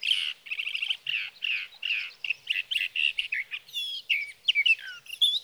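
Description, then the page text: Sage thrasher song, a continuous rapid jumble of warbled, buzzy and whistled notes, varied phrases tumbling together without pause. Male singing through the night near his night roost, Sierra Valley, California, three nights from evening June 12 to morning June 15, 2018; Swift recorder. "61. Sage thrasher songs, through the night."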